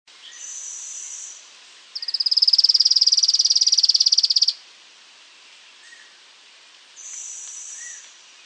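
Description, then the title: Streak-capped Antwren giving a high, fast trill of evenly spaced notes lasting about two and a half seconds. "LuckyPassaro Completos2Sama. Streak-capped Antwren (Terenura maculata)"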